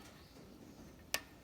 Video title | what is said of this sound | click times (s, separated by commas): Kohler CH730 25hp (stator replacement) | So these ones push up till you can usually hear a click. | 1.1 s